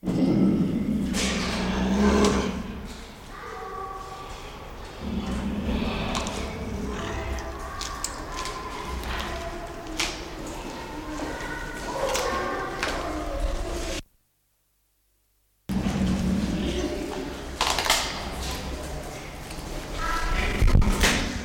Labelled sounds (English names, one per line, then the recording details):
Puma
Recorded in captivity
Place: Zoo Halle, Sachsen-Anhalt, DE
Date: 1995-04-09 15:21
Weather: wolkig, ca. 10°C
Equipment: Marantz CP 430, Sennheiser ME 80, Kopie Uher 4000 Report Monitor
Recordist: Tembrock, Günter
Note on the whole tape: Einzeltier (wohl Männchen): frißt, Knurren mit Blick auf Beobachter, auch Stoßfauchen. Entfernung ca. 3 m